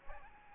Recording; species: mosquito wingbeat signal from an infrared sensor; Aedes aegypti